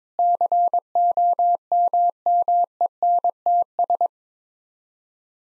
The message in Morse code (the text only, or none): COMMENTS